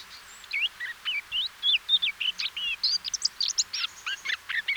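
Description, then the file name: Eurasian blackcap producing a brisk string of sweet, slurred whistles and chirps, evenly paced and unbroken. "Sylvia atricapilla"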